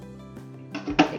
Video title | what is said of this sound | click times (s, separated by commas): STRAWBERRY ICE CREAM - You Won't Want to Buy Supermarket Ice Cream Anymore! | goes on and locks into place | 0.8 s, 1.0 s